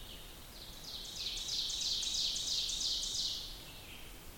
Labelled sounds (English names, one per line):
Ovenbird song